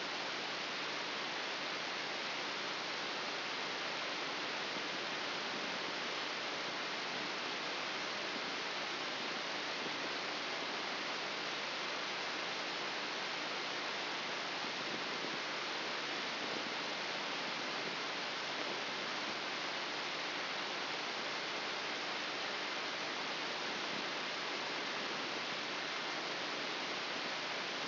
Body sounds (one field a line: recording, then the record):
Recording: brain microelectrode recording played as sound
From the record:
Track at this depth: inside the subthalamic nucleus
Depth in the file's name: 3.698 mm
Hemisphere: left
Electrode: 3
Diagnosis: Parkinson's disease